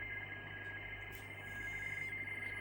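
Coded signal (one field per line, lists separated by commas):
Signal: RTTY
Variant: 50 baud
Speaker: until I changed that 50 board from 45 to 50 board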